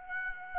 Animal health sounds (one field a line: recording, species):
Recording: mosquito wingbeat signal from an infrared sensor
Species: Aedes aegypti